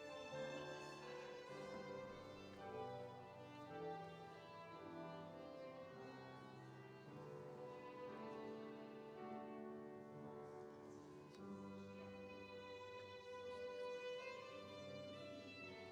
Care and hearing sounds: everyday scene through a hearing-aid microphone; reverberant space; music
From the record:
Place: church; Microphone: in the ear canal, right

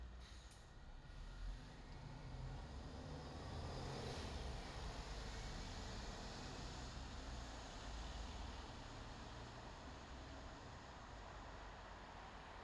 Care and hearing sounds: everyday scene through a hearing-aid microphone; in traffic; traffic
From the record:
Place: bus stop on a city main road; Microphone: in the ear canal, left

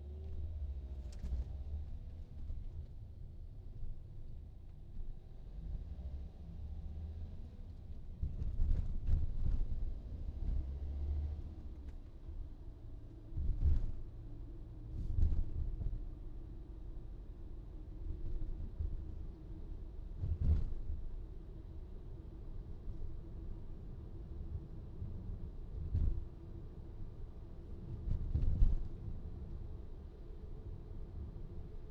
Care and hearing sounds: everyday scene through a hearing-aid microphone; in a vehicle; engine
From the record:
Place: VW T5 Caravelle, diesel engine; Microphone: in the ear canal, right

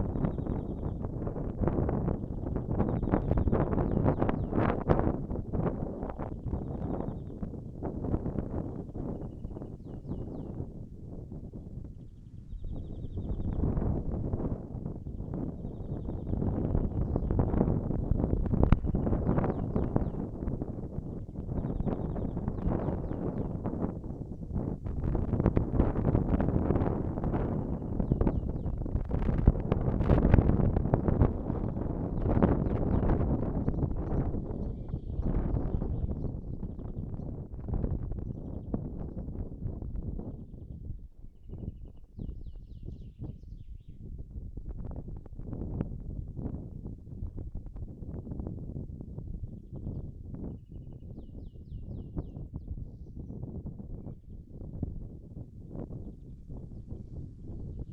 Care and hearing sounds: everyday scene through a hearing-aid microphone; wind on the microphone; wind, birds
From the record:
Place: in front of a rural house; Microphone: behind the ear, right, front

